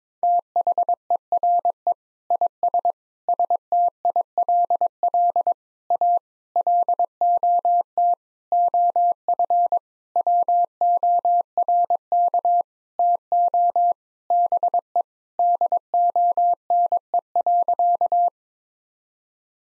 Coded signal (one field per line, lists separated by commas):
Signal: Morse code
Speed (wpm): 22 wpm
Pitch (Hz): 700 Hz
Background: none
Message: THERE IS STILL A LOT OF WORK TO BE DONE.